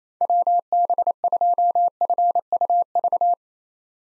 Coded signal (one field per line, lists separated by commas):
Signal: Morse code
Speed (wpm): 28 wpm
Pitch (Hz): 700 Hz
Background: none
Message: WB2FUV